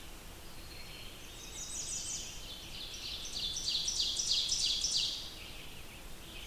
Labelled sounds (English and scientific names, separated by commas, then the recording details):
Ovenbird (Seiurus aurocapilla) song
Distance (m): 45 m
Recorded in boreal forest in Alberta, Canada, on 20 June 2016 at 05:55
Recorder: SongMeter 3, array SBT-6-81
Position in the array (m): 152 m, 259 m
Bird 25